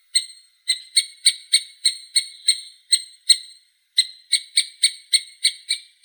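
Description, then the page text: Three-toed woodpecker giving quick runs of sharp kip notes, about three to four a second, with a short pause midway. "Дятел трёхпалый (Picoides tridactylus)"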